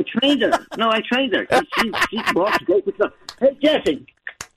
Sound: laughing